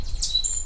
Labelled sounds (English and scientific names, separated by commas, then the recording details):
Stitchbird (Notiomystis cincta) song
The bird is a male
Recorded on Tiritiri Matangi Island, New Zealand, in 2005
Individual 7, of nest box 9